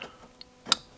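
An airbag module's plug is pushed into its connector on a carbon fiber steering wheel made by Dinmann Custom Carbon Fiber being installed on a BMW i8. After a faint tap at the start and a small tick at 0.4 s, a sharp, bright click rings out at 0.7 s. The airbag connector is seated.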